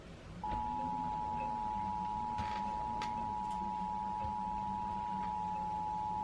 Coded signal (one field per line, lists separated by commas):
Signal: Emergency Alert System (SAME) tones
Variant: 853 and 960 Hz attention tone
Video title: EAS #3 | Ventura Required Monthly Test over KHAY and KOCP